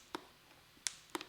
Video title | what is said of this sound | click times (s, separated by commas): Gear Talk Episode 20: Flying Eagle F7 and Compass 80s | Every little click is making it a little bit tighter. | 0.1 s, 0.9 s, 1.1 s